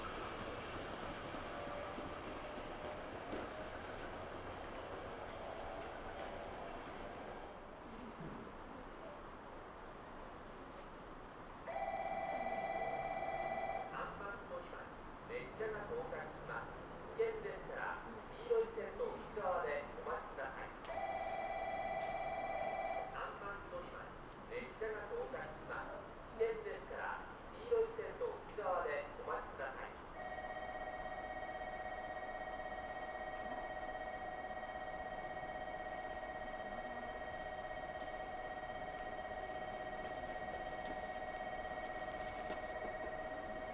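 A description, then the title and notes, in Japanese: Train ride from Saga toward Hizen-Yamaguchi: steady rumble, then a sustained tone with a spoken announcement midway, ending in a continuous whine. 唐津線・長崎本線 佐賀→久保田→肥前山口。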